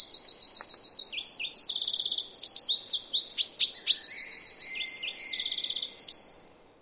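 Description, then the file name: Eurasian wren song: a loud, rapid, high-pitched torrent of trills and rattling notes that runs without pause for about six seconds, then stops abruptly. "Troglodytes troglodytes"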